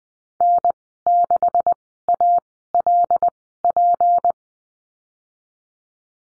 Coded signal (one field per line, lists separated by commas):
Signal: Morse code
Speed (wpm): 20 wpm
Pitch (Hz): 700 Hz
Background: none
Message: N6ALP